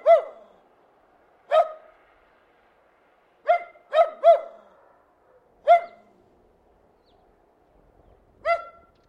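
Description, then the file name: Terrier giving sharp, yappy barks, mostly single with one quick run of three, spaced irregularly. "ANIMAL DOG TERRIER BARKING"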